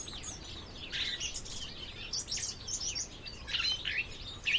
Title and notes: On a winter's morning in Dorset, a song thrush starts up its first practise songs of the new year in preparation for the coming breeding season – to a backdrop of sparrows and other garden birds.